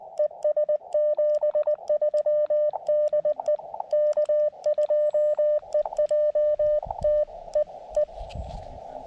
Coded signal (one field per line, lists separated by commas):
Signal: Morse code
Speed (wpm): 20 wpm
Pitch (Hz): 1800 Hz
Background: none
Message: ES 73 DE K2EJT E E